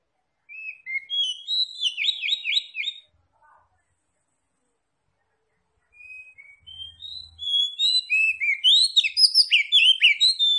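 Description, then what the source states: Oriental magpie-robin song of fast, jumbled whistles and trills, a quiet three-second gap, then a long energetic, tumbling burst of high notes. Called kacer locally; Tretes type or locality; described as gacor, singing vigorously.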